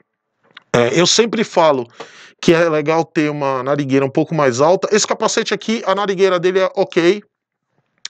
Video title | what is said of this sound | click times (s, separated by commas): Review Capacete Axxis Eagle Diagon | e ele dá um clique de travamento então ele trava vizer a prova mesmo isso é muito legal porque evita mais componentes externos é | 0.6 s